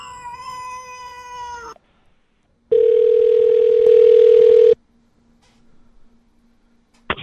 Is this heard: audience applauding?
no